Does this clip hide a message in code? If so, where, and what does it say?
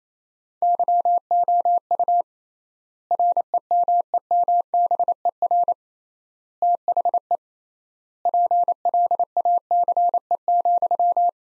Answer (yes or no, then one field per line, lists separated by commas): yes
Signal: Morse code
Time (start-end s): 0.6-11.3 s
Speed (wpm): 28 wpm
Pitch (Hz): 700 Hz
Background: none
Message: YOU REMEMBER THE PLACE,